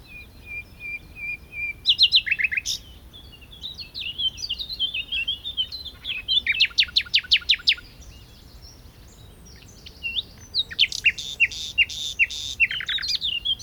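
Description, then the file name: Common nightingale song: a soft steady piping note, then rich warbling, several rapid dry rattling trills and sharp downslurred whistles between pauses. "Luscinia megarhynchos"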